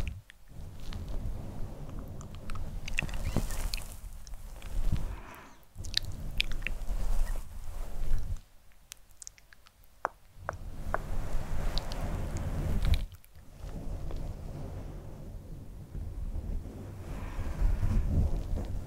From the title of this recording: SoftGentle Fluffy Mic Touching, Scratching, Plucking